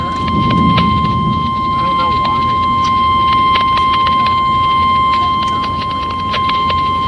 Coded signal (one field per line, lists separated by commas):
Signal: Emergency Alert System (SAME) tones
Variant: 1050 Hz attention tone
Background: speech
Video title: NOAA Weather Radio EAS #31: Severe T-Storm Warning